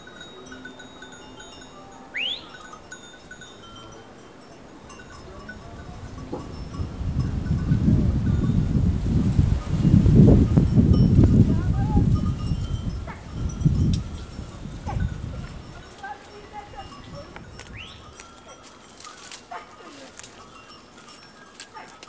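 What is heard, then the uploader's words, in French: A quiet outdoor ambience on the coast in winter. A low, deep rumble swells from about six seconds, peaks near ten to eleven, and fades by sixteen, like something passing. Short, bright bird chirps sound near two and eighteen seconds. Entre Noël et le jour de l'an, les ambiances sonores sont riches, de Praiano et son sentier des Dieux, à Amalfi, en passant par Positano ou encore Herculanum et Capri.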